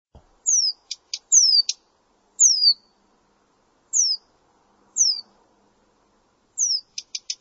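Bird calls: thin, high whistles slurring downward, given every second or so, mixed with brief clicking ticks, ending in a short run of ticks.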